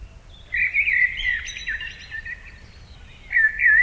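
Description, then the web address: Eurasian blackbird singing a mellow fluted phrase that ends in squeaky twittering, followed by the start of a new phrase; light background noise. Recorded in summer. "Yle. Luontovuosi kesa mustarastas"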